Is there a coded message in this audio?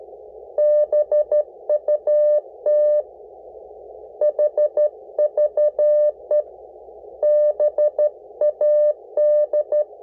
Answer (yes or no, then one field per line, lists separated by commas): yes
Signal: Morse code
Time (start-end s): 0.6-9.8 s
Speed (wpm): 13 wpm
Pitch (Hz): 600 Hz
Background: none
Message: BUT HVE BAD